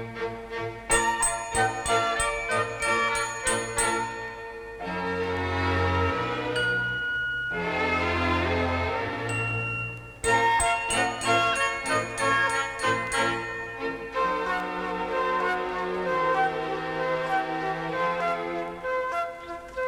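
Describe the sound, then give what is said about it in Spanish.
Bright, shimmering tinkling of little bells rings out in repeated clusters, with high ringing tones layered over a steady lower hum and no voices. “Y si eres curiosa, verás cupidos color de rosa, que al agitar sus blancas alitas dejan sonido de campanitas.”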